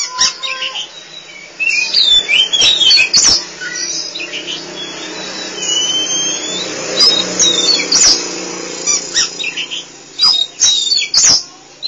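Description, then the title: Oriental magpie-robin song in short bright bursts of high whistles and chatter separated by brief pauses, with occasional sharp clicks and taps. Kacer song. "Suara Kicauan Burung Kacer Durasi Panjang"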